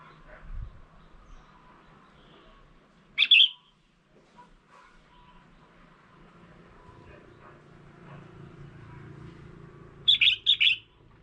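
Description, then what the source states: Red-whiskered bulbul calls: a single bright chirp burst, then a longer three-note phrase about seven seconds later, over a low hum. Female bird.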